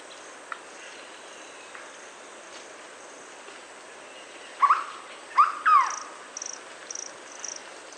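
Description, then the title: Hooded berryeater calling after a few quiet seconds: a short doubled note, then a two-part slurred phrase that rises and falls, followed by faint high ticking sounds. "LuckyPassaro Completos2Sama. Hooded Berryeater (Carpornis cucullata)"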